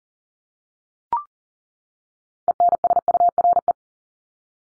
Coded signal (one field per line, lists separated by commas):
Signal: Morse code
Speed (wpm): 40 wpm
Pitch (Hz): 700 Hz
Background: none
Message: ENSURE